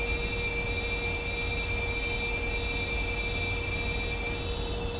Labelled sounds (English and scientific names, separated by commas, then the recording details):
none
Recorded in dense forest near Puerto Asís, Putumayo, Colombia, on 26 December 2024 at 18:30
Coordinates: 0.503, -76.323
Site G043